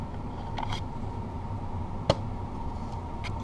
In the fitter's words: should hear that click into place like that